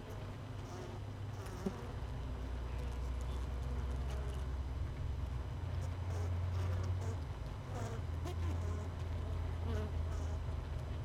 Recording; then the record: honeybee colony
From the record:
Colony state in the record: missing queen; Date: 31 May 2018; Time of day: 17:38